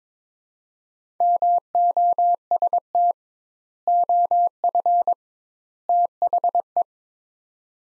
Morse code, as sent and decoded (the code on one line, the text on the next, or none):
-- --- ... - / --- ..-. / - .... .
MOST OF THE